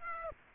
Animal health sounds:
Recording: mosquito wingbeat signal from an infrared sensor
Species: Aedes aegypti

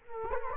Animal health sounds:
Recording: mosquito wingbeat signal from an infrared sensor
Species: Culex quinquefasciatus

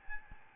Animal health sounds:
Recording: mosquito wingbeat signal from an infrared sensor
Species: Aedes albopictus

